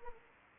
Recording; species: mosquito wingbeat signal from an infrared sensor; Anopheles arabiensis